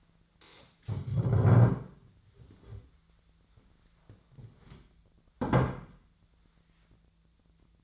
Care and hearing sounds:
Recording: daily activity, microphone in the room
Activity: stand up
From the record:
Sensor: 3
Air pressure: 1008.1 hPa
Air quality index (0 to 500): 192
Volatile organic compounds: 14 ppm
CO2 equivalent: 2466 ppm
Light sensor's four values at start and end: 12/28/12/12 and 11/25/11/11

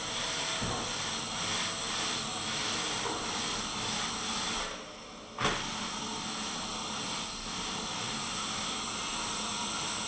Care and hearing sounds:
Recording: daily activity, microphone in the room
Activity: vacuum cleaning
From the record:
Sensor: 4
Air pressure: 995.3 hPa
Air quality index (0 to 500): 199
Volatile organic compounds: 147 ppm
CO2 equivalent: 4008 ppm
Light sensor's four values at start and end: 8/21/8/9 and 9/21/8/9

